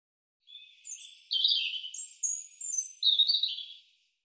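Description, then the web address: European robin delivering a sweet, liquid warble of high sliding notes, thin whistles interleaved with richer tumbling phrases for about three and a half seconds. "cianscape birddata Deverinetal Bird Er Ru"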